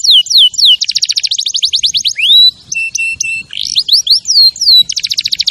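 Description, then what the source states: Canary singing sweeping whistles, a dense rattling trill, level piping notes and further curved whistles in a varied sequence. Champion canary song used as a master recording for training other birds to sing.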